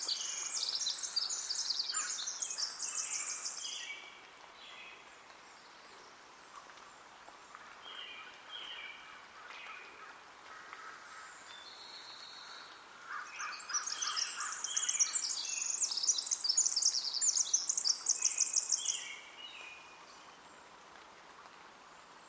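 Birdsong at Hoyt Arboretum in Portland, Oregon, with bright, rapid trills and chirps. One bird sings a loud, busy burst for the first few seconds and again from about 13 to 19 seconds, while softer calls fill the gaps over a steady background hiss.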